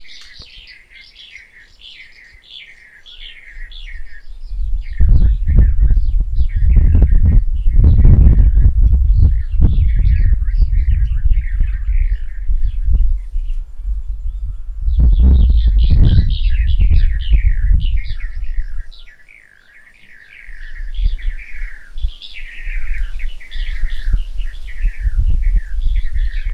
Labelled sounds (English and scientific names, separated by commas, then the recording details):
White Helmetshrike (Prionops plumatus)
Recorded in northern Uganda